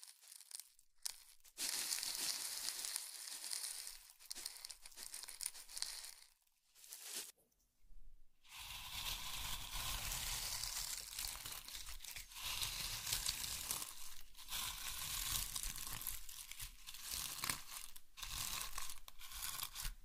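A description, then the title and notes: Slime being squished and stretched gives dense, crackling, wet crinkling in bursts, with short silent gaps near the start and around seven seconds. Slime Sounds.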